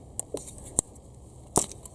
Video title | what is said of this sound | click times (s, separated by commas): Audi A3 2 0T 8P Part 5 : FSI HPFP Follower Change | snap off like that and then | 0.2 s, 0.8 s